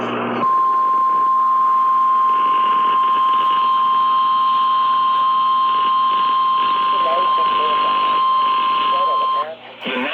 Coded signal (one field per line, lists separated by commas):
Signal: Emergency Alert System (SAME) tones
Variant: 1050 Hz attention tone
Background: speech